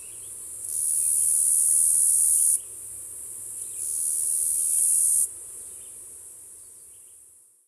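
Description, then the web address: Say's cicada song, a high, hissing buzz held steadily, swelling into two loud bursts of about two seconds each, then fading to a softer drone. "Songs of Insects. Says Cicada"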